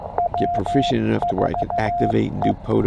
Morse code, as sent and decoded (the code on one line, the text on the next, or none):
.-- ....- .
W4E